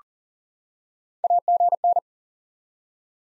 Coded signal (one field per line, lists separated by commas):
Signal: Morse code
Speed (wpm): 40 wpm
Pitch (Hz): 700 Hz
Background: none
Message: AGN